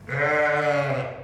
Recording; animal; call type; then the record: contact call of a hoofed animal; sheep; low-frequency (closed-mouth) or high-frequency (open-mouth) call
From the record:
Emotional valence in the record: negative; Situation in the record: short social isolation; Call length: 1.23 s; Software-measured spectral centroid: 1640 Hz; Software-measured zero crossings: 1830 a second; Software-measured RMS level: -24 dBFS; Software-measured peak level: -11 dBFS